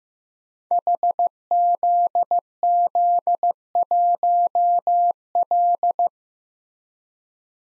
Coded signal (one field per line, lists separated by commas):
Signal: Morse code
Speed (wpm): 15 wpm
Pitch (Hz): 700 Hz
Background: none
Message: HZZ1L